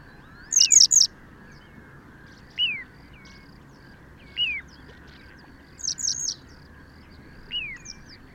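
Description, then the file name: Western yellow wagtail calling three high, falling notes, then more high notes later, with lower short descending notes every couple of seconds. "Gele Kwikstaart Motacilla flava"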